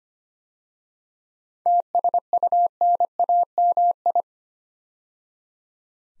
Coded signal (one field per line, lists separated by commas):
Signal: Morse code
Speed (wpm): 25 wpm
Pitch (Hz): 700 Hz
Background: none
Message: TSUNAMI